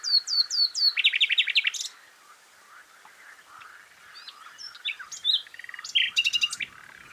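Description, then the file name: Common nightingale with quick descending slurred notes, a loud rapid trill, a pause, then varied sharp chirps and another harsh rattling burst. "Luscinia megarhynchos"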